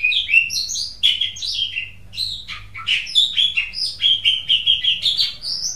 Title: Kicau Kacer